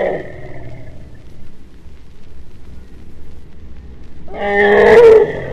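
Asian elephant trumpeting: a harmonic blare fading at the start, then a loud, brassy trumpet burst near the end.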